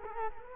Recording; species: mosquito wingbeat signal from an infrared sensor; Culex quinquefasciatus